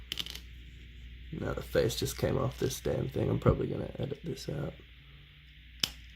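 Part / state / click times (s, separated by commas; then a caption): face plate into action figure head / seated / 5.8 s. Someone talks while handling an SH Figuarts Dragon Ball Z Vegito action figure whose face plate came off as the head was being pegged onto the neck. There are a few small taps near the start. At 5.8 s a single sharp click is heard as the face plate is pressed back into the plastic head and seats.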